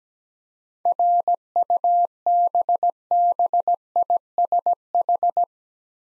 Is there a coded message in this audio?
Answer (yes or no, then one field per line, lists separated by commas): yes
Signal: Morse code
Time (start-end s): 0.9-5.4 s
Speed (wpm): 17 wpm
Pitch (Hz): 700 Hz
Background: none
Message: RUBBISH